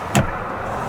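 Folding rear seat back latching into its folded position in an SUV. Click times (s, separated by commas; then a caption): 0.1 s. The folding rear seat back of a 2015 Kia Sorento Platinum SUV is pushed all the way down flat until its latch engages. A single sharp click sounds at about 0.2 s over a steady low background hum. The seat back is latched in its folded position and won't pull up.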